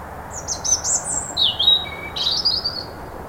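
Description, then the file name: European robin singing high, tinkling notes that slide down to a lower whistle, then a second thin phrase, with steady low background hiss. "Erithacus rubecula"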